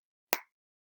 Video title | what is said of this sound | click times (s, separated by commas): Life Cycle of a Pumpkin 11 20 20 | did you hear that click make sure | 0.3 s